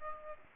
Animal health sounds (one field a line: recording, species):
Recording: mosquito wingbeat signal from an infrared sensor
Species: Aedes aegypti